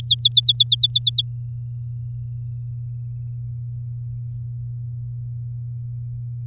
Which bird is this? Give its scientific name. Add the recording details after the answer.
Serinus canaria. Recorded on 7 May 2018 at 16:53. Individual llb16